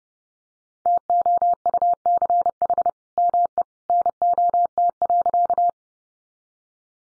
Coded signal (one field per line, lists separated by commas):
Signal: Morse code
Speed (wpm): 30 wpm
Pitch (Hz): 700 Hz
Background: none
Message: TOUCH ME NOT.